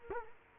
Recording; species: mosquito wingbeat signal from an infrared sensor; Culex quinquefasciatus